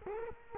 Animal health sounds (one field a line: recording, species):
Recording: mosquito wingbeat signal from an infrared sensor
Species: Culex quinquefasciatus